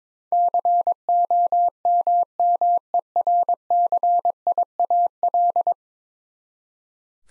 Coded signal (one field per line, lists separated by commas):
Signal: Morse code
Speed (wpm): 22 wpm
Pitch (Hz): 700 Hz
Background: none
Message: COMMERCIAL